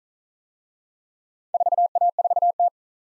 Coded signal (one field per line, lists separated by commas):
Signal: Morse code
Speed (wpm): 41 wpm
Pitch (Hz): 700 Hz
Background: none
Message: 4A4T